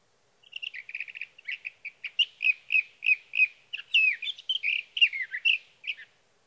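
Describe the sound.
Sage thrasher singing a long phrase, starting with quick stuttered notes and developing into a varied, rambling warble of slurred whistles.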